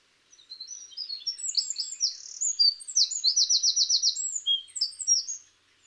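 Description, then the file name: Eurasian wren song: an energetic burst of thin, high notes running into a loud dry trill, then more quick twittering before it stops. "Troglodytes troglodytes"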